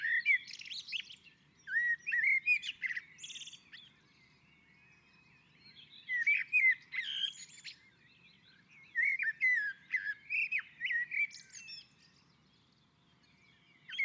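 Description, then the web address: Common blackbird with repeated rich whistled phrases mixed with harsh, squeaky high twitters, in several bursts separated by short gaps. On a roof. "Naturinspelningar Koltrast på taket"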